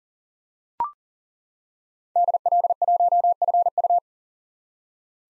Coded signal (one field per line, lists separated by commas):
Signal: Morse code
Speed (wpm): 40 wpm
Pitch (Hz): 700 Hz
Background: none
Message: DL1FU